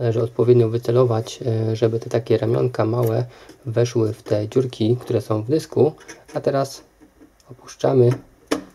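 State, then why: Not seated. A 2.5-inch SSD is being lined up so the small pins of a tool-less drive caddy in a Thermaltake Armor A30i PC case fit into the holes in the drive, then lowered into place while someone talks. A brief sharp sound comes at 8.5 s near the end, but the drive has not yet seated or clicked in by the end of the clip.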